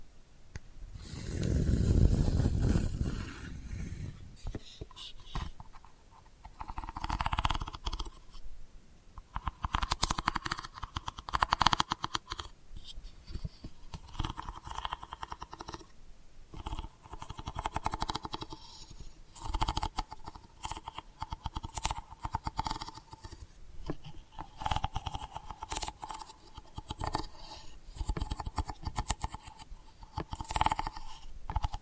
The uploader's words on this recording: ASMR Delicate Scratching for Sleep (No Talking).